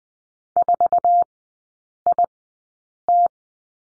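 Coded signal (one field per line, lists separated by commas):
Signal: Morse code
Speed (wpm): 20 wpm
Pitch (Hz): 700 Hz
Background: none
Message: 4IT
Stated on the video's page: Morse code course lesson on the letter U with three characters at Farnsworth speed 20/10 wpm.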